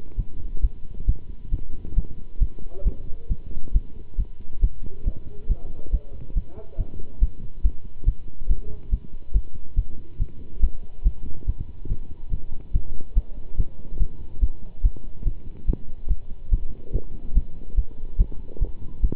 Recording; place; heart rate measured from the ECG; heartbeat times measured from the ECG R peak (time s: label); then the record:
heart sounds by stethoscope; between the tricuspid and mitral areas; 140 bpm
0.16 s: heartbeat
0.61 s: heartbeat
1.05 s: heartbeat
1.50 s: heartbeat
1.95 s: heartbeat
2.39 s: heartbeat
2.84 s: heartbeat
3.28 s: heartbeat
3.72 s: heartbeat
4.16 s: heartbeat
4.61 s: heartbeat
5.04 s: heartbeat
5.48 s: heartbeat
5.91 s: heartbeat
6.34 s: heartbeat
6.77 s: heartbeat
7.19 s: heartbeat
7.62 s: heartbeat
8.05 s: heartbeat
8.48 s: heartbeat
8.90 s: heartbeat
9.32 s: heartbeat
9.75 s: heartbeat
10.18 s: heartbeat
10.60 s: heartbeat
11.03 s: heartbeat
11.46 s: heartbeat
11.88 s: heartbeat
12.30 s: heartbeat
12.72 s: heartbeat
13.14 s: heartbeat
13.57 s: heartbeat
13.98 s: heartbeat
14.40 s: heartbeat
14.82 s: heartbeat
15.24 s: heartbeat
15.66 s: heartbeat
16.08 s: heartbeat
16.50 s: heartbeat
16.92 s: heartbeat
17.34 s: heartbeat
17.75 s: heartbeat
18.17 s: heartbeat
18.59 s: heartbeat
19.01 s: heartbeat
From the record:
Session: pedaling a stationary bicycle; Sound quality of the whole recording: good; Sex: male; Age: 27 years